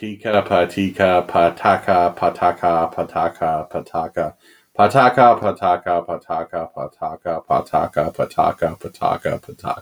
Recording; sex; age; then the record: repeated syllables /pa ta ka/; male; 30 to 39 years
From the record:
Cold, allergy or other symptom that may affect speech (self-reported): no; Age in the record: 36 years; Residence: California, United States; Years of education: 16